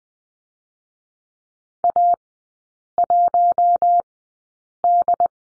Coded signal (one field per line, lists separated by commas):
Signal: Morse code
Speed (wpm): 20 wpm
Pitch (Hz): 700 Hz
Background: none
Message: A1D